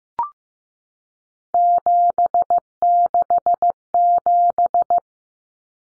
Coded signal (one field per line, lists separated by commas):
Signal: Morse code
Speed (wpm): 15 wpm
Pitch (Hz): 700 Hz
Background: none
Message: 767